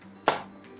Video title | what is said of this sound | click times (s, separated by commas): Pizza with homemade dough KS3 Food | so it's facing fairly upright and you then you're going to close the legs together until it clicks | 0.3 s